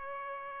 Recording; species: mosquito wingbeat signal from an infrared sensor; Aedes aegypti